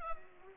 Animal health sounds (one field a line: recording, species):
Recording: mosquito wingbeat signal from an infrared sensor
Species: Culex pipiens